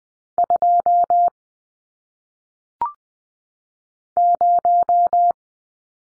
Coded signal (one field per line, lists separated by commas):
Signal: Morse code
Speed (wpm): 20 wpm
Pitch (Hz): 700 Hz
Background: none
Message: 2 0